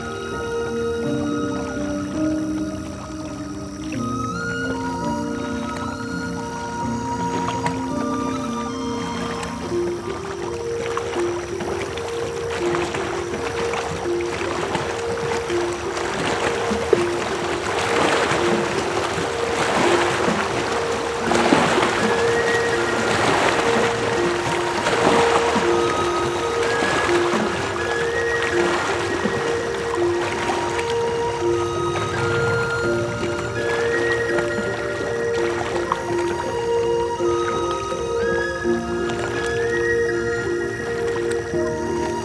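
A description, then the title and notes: Gentle splashing at a lake at night, with soft, dense patters of water building through the middle of the clip and easing toward the end. Beneath them runs a steady layer of sustained humming tones that step slowly between pitches, low and even throughout. Nighttime at the Lake with Gentle Splashes.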